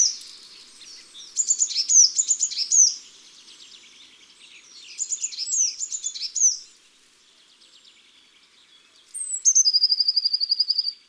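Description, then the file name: Eurasian blue tit giving high chattering call bursts twice, then after a pause a steady, even, high trill that slowly drops. Recorded in a garden. "Mesange bleue"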